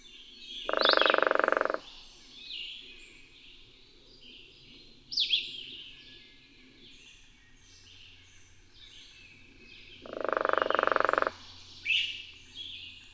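Bird song: scattered high chirped phrases between two loud, lower buzzing bursts about a second long, with a faint low hum in the second half.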